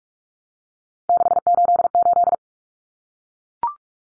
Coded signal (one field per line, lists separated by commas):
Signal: Morse code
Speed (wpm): 44 wpm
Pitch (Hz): 700 Hz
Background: none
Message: 688